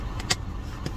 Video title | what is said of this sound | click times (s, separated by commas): Enormous Summer Fun Dollar Tree Car 🚗 Haul. | guys hear the snap make sure you hear that snap on your on on yours because you'll be having drink everywhere | 0.3 s